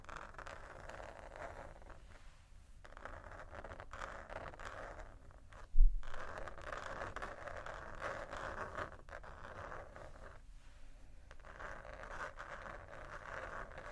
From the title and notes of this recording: ASMR Slow Scratching & Tapping on Textures (No Talking).